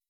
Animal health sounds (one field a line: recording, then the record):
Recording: hydrophone in a shrimp aquaculture tank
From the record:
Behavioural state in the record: weakened